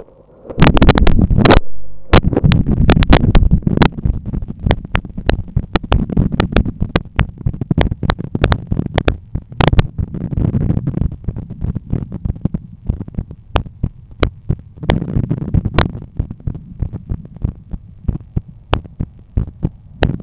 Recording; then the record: heart sounds by stethoscope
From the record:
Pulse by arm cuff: 93 bpm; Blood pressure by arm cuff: 121/78 mmHg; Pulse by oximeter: 93 bpm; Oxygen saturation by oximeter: 97%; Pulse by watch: 93 bpm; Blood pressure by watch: 129/84 mmHg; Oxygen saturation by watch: 97%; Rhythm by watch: sinus rhythm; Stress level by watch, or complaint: low stress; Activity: after 10 min smoking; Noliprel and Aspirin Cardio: after pills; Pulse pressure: 43 mmHg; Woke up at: 7:30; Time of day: 20:52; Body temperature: 36.5 C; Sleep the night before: 8 h 32 min, score 78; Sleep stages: REM 32%, light 50%, deep 12%, awake 6%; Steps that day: 9500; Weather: clear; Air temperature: 20.8 C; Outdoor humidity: 65%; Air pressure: 1014 hPa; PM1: 11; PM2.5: 15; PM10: 17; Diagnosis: hypertension, treated with Noliprel and Aspirin Cardio 100 mg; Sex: male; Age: 53 years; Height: 174 cm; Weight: 81 kg